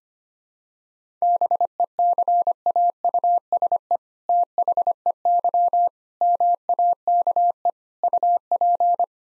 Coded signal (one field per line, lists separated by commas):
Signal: Morse code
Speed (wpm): 25 wpm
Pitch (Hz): 700 Hz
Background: none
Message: BECAUSE THEY MAKE UP